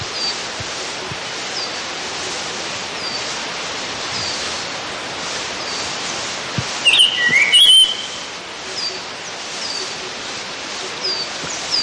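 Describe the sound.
Black-headed hawfinch: bird giving one brief burst of whistled notes near the middle of a long stretch of steady hiss.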